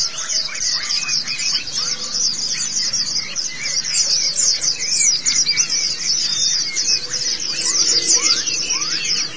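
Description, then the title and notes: White-eye song: dense, fast high twittering and chirping runs go on without pause throughout, with thin falling notes below; a light background hiss. Long-duration white-eye chirping song. "Kicauan Burung Pleci Durasi Panjang. Suara kicauan burung pleci"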